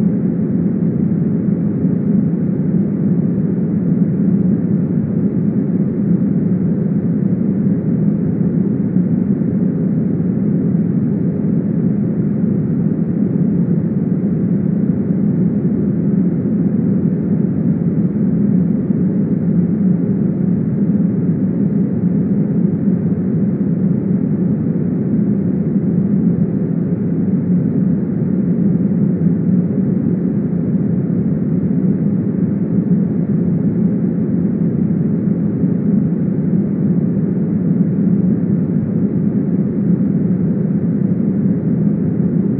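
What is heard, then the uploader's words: Green noise plays as a steady, unbroken hiss-like rumble for the whole duration, with no events or changes in level. The sound sits in the low and middle range, strongest around the lower mids, with the high end cut away, giving a soft, muffled, engine-like quality. 8 Hours of Green Noise.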